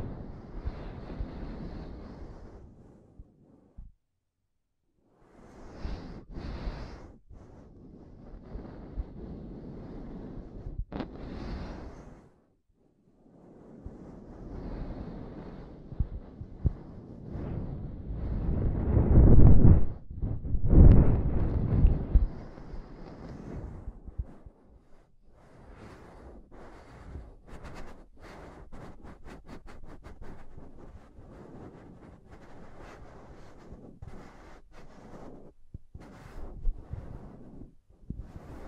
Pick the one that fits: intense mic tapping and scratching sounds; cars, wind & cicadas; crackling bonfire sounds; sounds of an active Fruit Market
intense mic tapping and scratching sounds